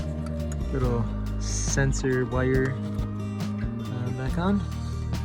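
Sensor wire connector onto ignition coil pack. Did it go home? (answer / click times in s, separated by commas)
no / none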